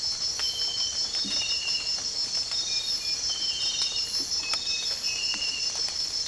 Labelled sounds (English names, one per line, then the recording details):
none
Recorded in dense forest near Puerto Asís, Putumayo, Colombia, on 8 March 2025 at 05:30
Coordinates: 0.467, -76.328
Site G041